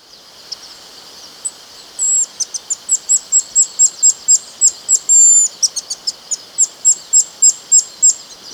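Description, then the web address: Masked mountain tanager song: a rapid run of very high, thin, sharp notes, about three or four per second, with a few longer buzzy notes. Ecuador. "Birds of Ecuador. Masked Mountain-Tanager"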